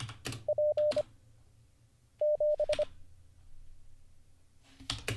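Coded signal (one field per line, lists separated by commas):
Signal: Morse code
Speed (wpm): 25 wpm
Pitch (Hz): 600 Hz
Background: none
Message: P 7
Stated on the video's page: Morse learning practice livestream, drilling J, B, X, Z, 6, 7, 8, P, F, G and all characters mixed.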